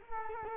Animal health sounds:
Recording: mosquito wingbeat signal from an infrared sensor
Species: Culex quinquefasciatus

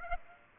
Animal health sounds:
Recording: mosquito wingbeat signal from an infrared sensor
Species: Aedes aegypti

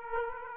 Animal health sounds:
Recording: mosquito wingbeat signal from an infrared sensor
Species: Aedes aegypti

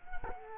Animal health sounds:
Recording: mosquito wingbeat signal from an infrared sensor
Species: Culex quinquefasciatus

